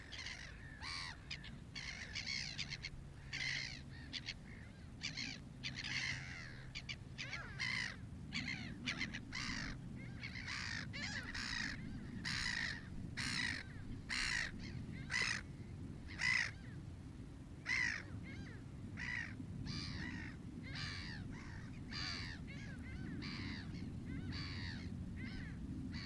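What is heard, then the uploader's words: Gulls call over and over with harsh, crow-like cries, some higher and mewing, packed densely through the whole clip with barely a pause. The calls sound fairly loud at times, especially mid-clip. A steady low rumble runs underneath throughout. Ternery Pool.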